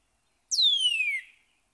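Northern cardinal song: a single long, clear whistle sweeping smoothly from high to lower pitch.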